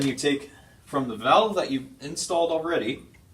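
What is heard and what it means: During a HUE 400 installation, the water supply tube from the already installed valve is handled toward the push-fit inlet fitting of the pre-filter while someone talks. The tube has not gone home, and nothing has seated or clicked yet.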